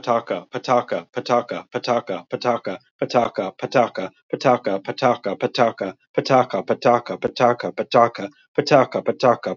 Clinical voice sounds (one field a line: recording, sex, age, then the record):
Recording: repeated syllables /pa ta ka/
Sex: male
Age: 40 to 49 years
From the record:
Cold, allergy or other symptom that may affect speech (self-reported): no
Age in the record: 49 years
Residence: Arizona, United States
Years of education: 14